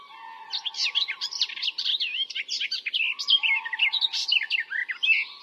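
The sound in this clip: Bird chatter, a busy stream of sharp twittering and slurred whistled notes running without pause, with a faint steady hum underneath.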